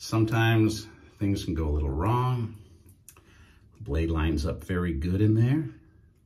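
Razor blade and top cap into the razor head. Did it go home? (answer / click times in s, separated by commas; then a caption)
no / none. A man talks while lining up a Zomchi razor blade and top cap on the head of a three-piece metal safety razor, pressing the parts together. A few faint handling ticks are heard between his words. Nothing has seated or clicked into place yet.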